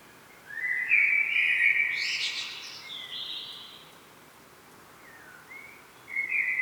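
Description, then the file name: Common blackbird giving one warbled fluty phrase rising into a squeaky flourish, then quiet, then the start of another phrase. "Turdus merula"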